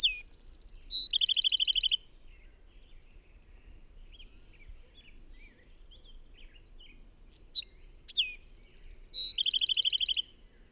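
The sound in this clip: Bird song: the end of one phrase with rapid trills, a quiet stretch with soft chirps, then a full phrase of sharp notes, a steady tone and quick buzzy trills.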